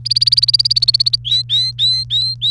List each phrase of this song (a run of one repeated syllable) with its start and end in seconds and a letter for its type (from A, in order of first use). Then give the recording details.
0.05-1.16 A, 1.25-2.51 B. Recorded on 29 April 2018 at 16:03. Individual llb3